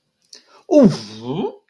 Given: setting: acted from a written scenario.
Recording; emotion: vocal sound without words; positive surprise